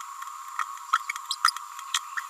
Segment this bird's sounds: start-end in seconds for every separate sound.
0.58-0.65, 1.30-1.36, 2.17-2.20